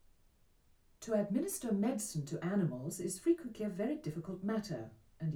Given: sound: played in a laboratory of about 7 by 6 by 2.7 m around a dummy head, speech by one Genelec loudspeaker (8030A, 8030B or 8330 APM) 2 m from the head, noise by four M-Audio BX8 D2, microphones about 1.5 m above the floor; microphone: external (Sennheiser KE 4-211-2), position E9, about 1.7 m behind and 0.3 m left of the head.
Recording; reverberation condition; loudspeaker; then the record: female speech in English; low; in front (0 degrees)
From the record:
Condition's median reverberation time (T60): about 310 ms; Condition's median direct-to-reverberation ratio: about 3.5 dB